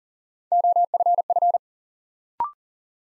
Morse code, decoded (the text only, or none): OFF